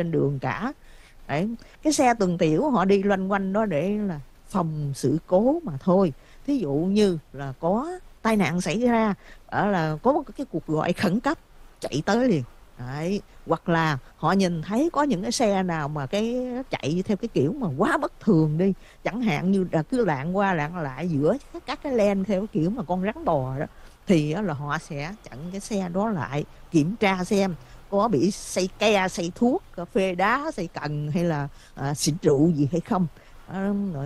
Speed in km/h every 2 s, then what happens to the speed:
0, 0, 0, 0, 0, 0, 0, 0, 0, 0, 0, 0, 0, 0, 0, 0, 0.
0-34 standing.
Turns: none.